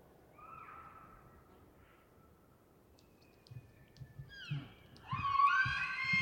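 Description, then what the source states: Elk bugling: a faint thin whistled tone early on, then a loud, harsh, rising and wavering scream with strong overtones in the final seconds. Bull screaming in rutting season, pre-dawn morning of September 18, Colockum Wildlife Area, Washington; high plateau east of the Cascades, dry grass, pine stands; just before hunting season; double-M/S recording.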